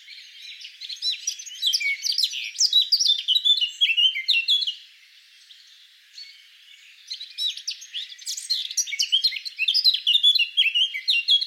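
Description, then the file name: Eurasian blackcap song in two long bursts of fast, varied chattering and whistled notes separated by a short silence. "Sylvia atricapilla"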